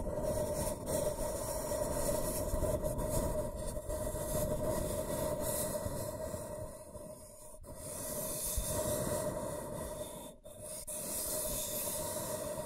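Scratching and tracing makes a dense, continuous grinding scrape with a steady mid-pitched whine running through it. The rasp stays thick and even throughout, dipping briefly near seven and a half seconds and again around ten seconds before resuming at full strength.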